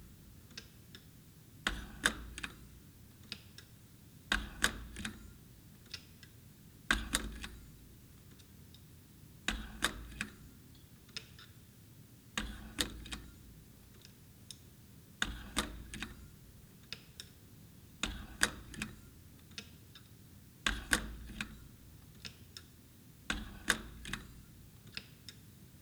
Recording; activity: daily activity, guitar pickup as the sensor; manipulate door